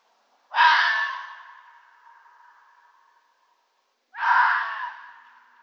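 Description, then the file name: Red fox barking twice, each bark a rasping, explosive yelp fading out gradually, the second coming about three and a half seconds after the first. "Rotfuchs Vulpes-vulpes bellen"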